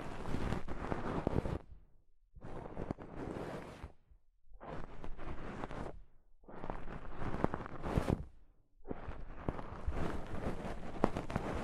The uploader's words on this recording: ASMR Mic Brushing using Soft Fabric (No Talking).